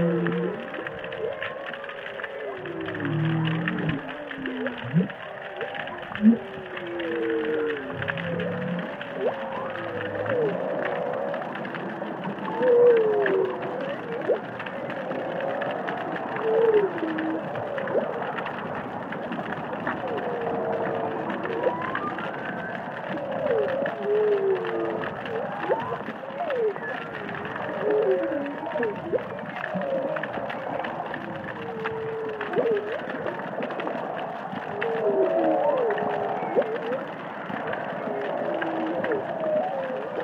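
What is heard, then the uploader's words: Humpback whales sing and call underwater, a steady stream of overlapping swoops, moans and rising or falling whoops, mostly in the low and middle range. Calls come every second or two without pause, over a constant hiss with faint crackling clicks throughout. Whale Song is a collection of underwater recordings of humpback whales singing and calling in the Indian Ocean.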